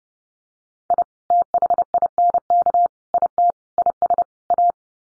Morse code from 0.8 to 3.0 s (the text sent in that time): I THINK